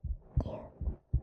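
Heartbeat sounds heard through a microphone held against an adult woman's chest: low, thudding beats.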